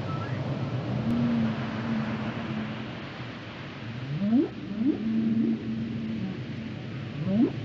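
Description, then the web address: Whale song: long level hums and several sharp rising upsweeps, over steady low rumble. "Natures Songs Whale Songs Whales and Dolphins - whale nature sounds songs"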